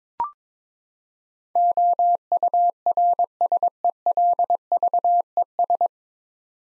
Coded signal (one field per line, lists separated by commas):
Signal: Morse code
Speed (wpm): 21 wpm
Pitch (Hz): 700 Hz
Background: none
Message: OURSELVES